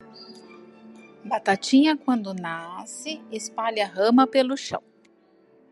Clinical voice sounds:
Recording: short text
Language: Brazilian Portuguese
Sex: female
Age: 40 to 49 years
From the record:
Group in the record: control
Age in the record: 45 years

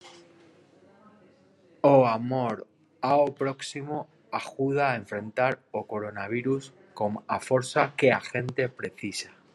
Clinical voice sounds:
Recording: spoken sentence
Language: Brazilian Portuguese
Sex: male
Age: 40 to 49 years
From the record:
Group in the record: control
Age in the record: 48 years

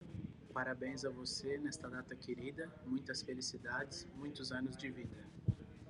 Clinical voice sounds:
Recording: short text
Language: Brazilian Portuguese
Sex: male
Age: 30 to 39 years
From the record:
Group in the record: control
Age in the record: 31 years

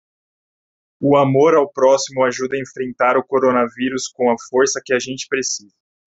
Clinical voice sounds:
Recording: spoken sentence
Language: Brazilian Portuguese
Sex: male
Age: 20 to 29 years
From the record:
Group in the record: control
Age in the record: 29 years

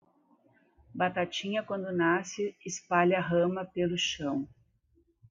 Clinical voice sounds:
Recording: short text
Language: Brazilian Portuguese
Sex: female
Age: 50 to 59 years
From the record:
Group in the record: control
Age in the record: 56 years

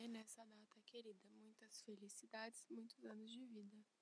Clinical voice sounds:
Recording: short text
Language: Brazilian Portuguese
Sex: female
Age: 20 to 29 years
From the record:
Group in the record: control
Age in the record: 27 years

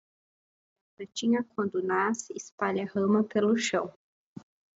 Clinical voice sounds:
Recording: short text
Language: Brazilian Portuguese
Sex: female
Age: 30 to 39 years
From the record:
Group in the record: control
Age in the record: 30 years

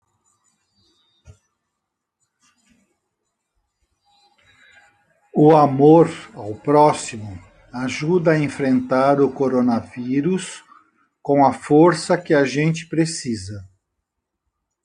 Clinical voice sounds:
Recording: spoken sentence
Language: Brazilian Portuguese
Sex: male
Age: 60 to 69 years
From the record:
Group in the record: control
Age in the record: 67 years

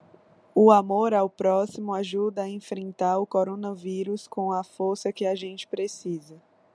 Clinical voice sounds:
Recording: spoken sentence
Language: Brazilian Portuguese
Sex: female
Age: 30 to 39 years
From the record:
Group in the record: control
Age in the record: 33 years

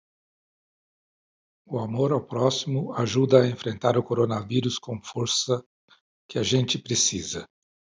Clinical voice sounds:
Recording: spoken sentence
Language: Brazilian Portuguese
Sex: male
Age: 60 to 69 years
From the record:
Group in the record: control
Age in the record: 64 years

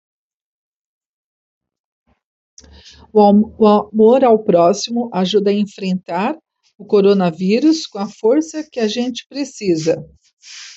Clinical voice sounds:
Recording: spoken sentence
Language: Brazilian Portuguese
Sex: female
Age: 50 to 59 years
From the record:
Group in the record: control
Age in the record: 50 years

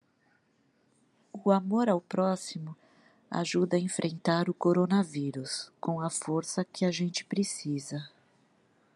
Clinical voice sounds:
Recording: spoken sentence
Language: Brazilian Portuguese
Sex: female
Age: 50 to 59 years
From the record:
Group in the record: control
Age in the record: 53 years

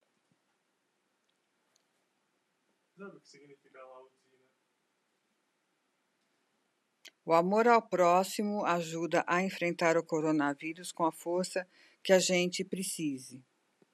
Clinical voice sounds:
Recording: spoken sentence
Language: Brazilian Portuguese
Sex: female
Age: 60 to 69 years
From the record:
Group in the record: control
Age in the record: 62 years

